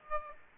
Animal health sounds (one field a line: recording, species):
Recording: mosquito wingbeat signal from an infrared sensor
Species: Aedes aegypti